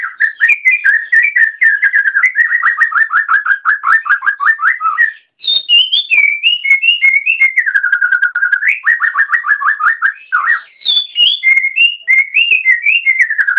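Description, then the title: Oriental magpie-robin song: loud, rapidly repeated whistled notes forming rolling trills, with higher swooping whistles between. "Kicau Kacer"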